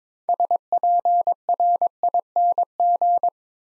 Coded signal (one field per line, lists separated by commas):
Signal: Morse code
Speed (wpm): 23 wpm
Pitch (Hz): 700 Hz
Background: none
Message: SPRING